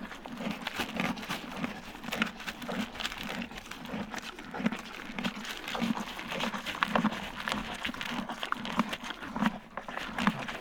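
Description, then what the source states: Horse eating, continuous crunchy chewing with scattered clicks and rustles over ten seconds. Eating grain from a bucket.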